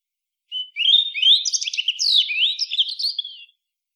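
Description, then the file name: European robin song: one phrase of about three seconds of rapid, sparkling, high warbles that jump between pitches. No other sounds are heard. "Erithacus rubecula"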